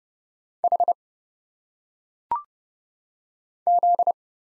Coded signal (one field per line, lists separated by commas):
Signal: Morse code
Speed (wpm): 31 wpm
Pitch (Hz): 700 Hz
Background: none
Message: H Z